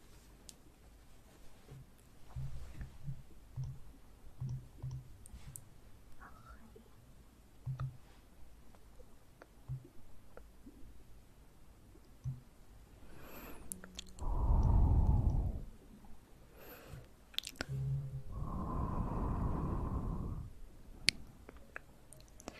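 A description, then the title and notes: Close-up ear eating sounds: soft wet clicks and smacks scattered through the first half, uneven and fairly sparse. Around 14 to 16 seconds and again from 18 to 21 seconds, longer rushing, muffled swells rise up, heavy and low with a breathy top. Relaxing Ear Eating.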